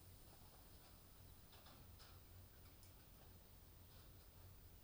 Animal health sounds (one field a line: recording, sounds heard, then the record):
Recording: poultry house recording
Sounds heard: healthy chickens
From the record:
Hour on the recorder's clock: 23